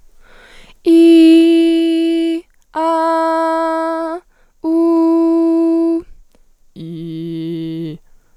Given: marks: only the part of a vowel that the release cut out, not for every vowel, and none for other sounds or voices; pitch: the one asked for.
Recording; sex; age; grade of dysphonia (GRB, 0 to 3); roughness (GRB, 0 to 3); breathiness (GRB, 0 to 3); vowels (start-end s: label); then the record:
sustained vowels; female; 18 to 19 years; 0; 0; 0
0.90-2.33 s: vowel /i/, high pitch
2.80-4.07 s: vowel /a/, high pitch
4.70-5.94 s: vowel /u/, high pitch
6.86-7.87 s: vowel /i/, low pitch
From the record:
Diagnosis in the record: healthy voice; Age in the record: 19 years